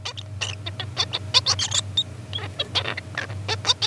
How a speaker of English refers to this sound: You might be thinking, what is R2-D2 doing in the Nature Podcast studio, and how cheeky of him to be drunk? But actually, that was a juvenile songbird, just still a little bit rubbish at singing. Here's what he's learning.